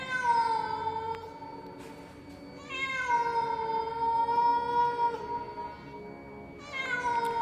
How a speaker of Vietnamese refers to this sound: Tiếng con mèo ở đâu kêu lên nghe não lòng kinh khủng, từng hồi quanh quẩn trong ngõ.